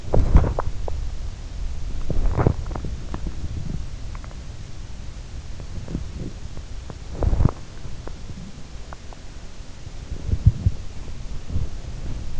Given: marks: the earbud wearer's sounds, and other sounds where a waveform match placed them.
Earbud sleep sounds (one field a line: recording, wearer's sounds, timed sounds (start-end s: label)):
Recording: sounds in sleep by an in-ear microphone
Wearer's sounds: body movement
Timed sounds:
0.00-1.04 s: body movement
1.85-3.88 s: body movement
5.53-8.40 s: body movement
10.00-12.40 s: body movement